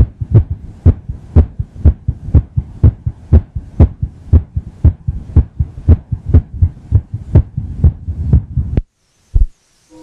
Irregular Heartbeat.